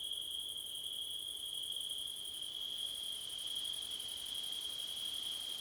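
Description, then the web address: Unbroken cricket chirping: a ringing high tone with a quick pulsing trill above that dips once briefly. Crickets on a windy September night; Blumlein stereo microphone pair. "audio crickets wind september night blumlein"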